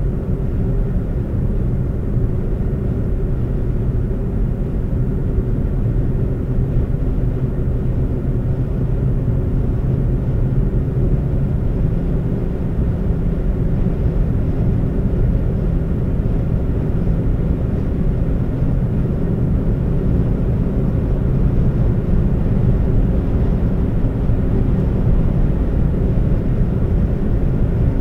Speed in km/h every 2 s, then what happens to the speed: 108, 109, 111, 111, 111, 114, 118, 119, 121, 122, 126, 126, 127, 127.
0-28 speeds up to 127.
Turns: none.